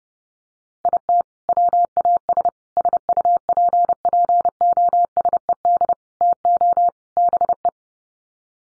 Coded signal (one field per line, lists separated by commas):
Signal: Morse code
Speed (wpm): 30 wpm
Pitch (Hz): 700 Hz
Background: none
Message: IT WAS SUPPOSED TO BE